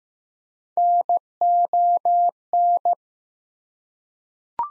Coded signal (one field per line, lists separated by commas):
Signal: Morse code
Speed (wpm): 15 wpm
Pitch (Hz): 700 Hz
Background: none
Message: NON